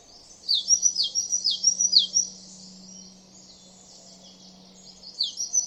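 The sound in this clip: Great tit calling: a quick series of high, downward-sweeping notes, a pause, then a few more notes at the end, over a faint low hum.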